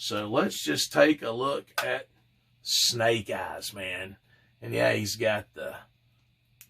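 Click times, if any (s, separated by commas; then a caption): 6.6 s. Someone talks, then bends the plastic torso joint of an action figure, a Snake Eyes G.I. Joe Classified SDCC Exclusive. A single short click is heard at 6.6 s as the joint clicks into place.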